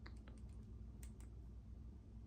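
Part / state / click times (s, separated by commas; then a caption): chair accessory cable plug into mating cable socket / not seated / none. The bottom half of the cable connector for the GTRacing Luft-600 gaming chair's Bluetooth speaker and LED lights is handled as it is pushed toward the top half. Faint, short ticks and taps at about 0.1, 0.3, 1.0 and 1.2 s sit over a steady low hum. The connector has not seated or clicked yet.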